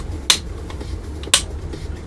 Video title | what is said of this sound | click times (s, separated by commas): Academy 1/144 B1-B Lancer, Part 5 | 그렇게 더 세게 눌러야 한다는 얘기였어요. 딸깍 소리가 나네요. | 0.3 s, 1.3 s